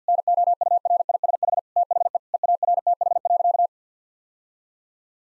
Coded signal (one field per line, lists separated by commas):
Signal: Morse code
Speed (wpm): 50 wpm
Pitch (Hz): 700 Hz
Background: none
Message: NOURISH THE EARTH.